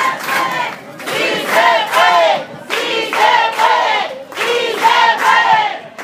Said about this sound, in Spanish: Así es que un aplauso para Enrique Alfaro, que nos va a ayudar a traer el tren ligero.